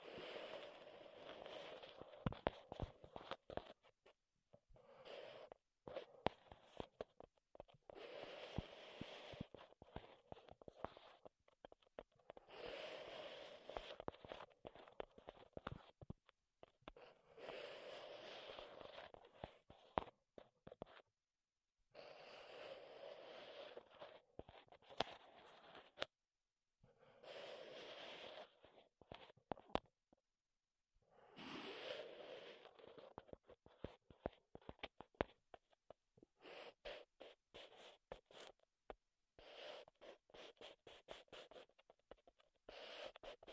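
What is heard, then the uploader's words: Wooden ASMR sounds: bursts of scratching and rubbing on wood, each lasting a few seconds, broken by short silences. A steady mid-pitched rasp runs through each burst, with sharp taps and clicks scattered throughout. The bursts come back in a fairly regular rhythm across the whole clip. ASMR Wood Triggers in Your Ears (No Talking).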